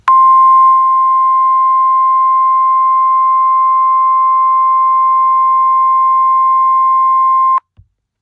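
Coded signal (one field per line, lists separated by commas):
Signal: Emergency Alert System (SAME) tones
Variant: 1050 Hz attention tone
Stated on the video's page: NOAA Weather Radio required weekly test from the Sister Bay transmitter.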